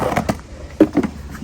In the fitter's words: that's it right there see they're all snapped